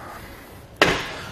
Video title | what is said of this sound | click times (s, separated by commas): etrailer - Fit Check: Kuat NV 2.0 Bike Rack for 2 Bikes on a 2013 Nissan Murano | hear that click and again it's locked in place | 0.8 s